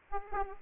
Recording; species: mosquito wingbeat signal from an infrared sensor; Aedes aegypti